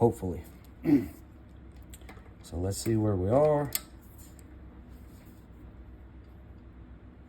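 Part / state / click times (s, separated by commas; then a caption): click-type torque wrench on an engine bolt / not seated / none. Someone talks while pulling a click-type torque wrench on a bolt of a small Honda GX160 engine to check it, with only faint brief sounds in between. The bolt has not reached the wrench's setting yet, so nothing has clicked.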